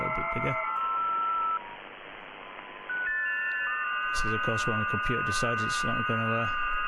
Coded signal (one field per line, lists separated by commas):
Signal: FT8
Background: speech